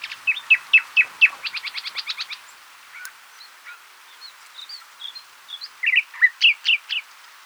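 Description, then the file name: Common nightingale song: rapid repeated notes and a fast rattling trill, a pause with soft high whistles, then loud rich twisting phrases. "Luscinia megarhynchos"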